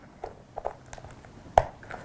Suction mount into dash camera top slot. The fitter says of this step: It's clicked in, and this rotates here.